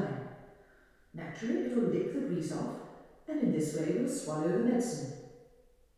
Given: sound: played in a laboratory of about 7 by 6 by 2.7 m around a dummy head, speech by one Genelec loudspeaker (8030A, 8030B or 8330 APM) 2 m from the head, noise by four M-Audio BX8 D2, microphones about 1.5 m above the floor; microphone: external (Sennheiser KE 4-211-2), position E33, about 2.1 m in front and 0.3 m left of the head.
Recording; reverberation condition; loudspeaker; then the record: female speech in English; high; 60 degrees to the left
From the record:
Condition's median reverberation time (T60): about 1300 ms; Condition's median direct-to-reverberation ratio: about -4.0 dB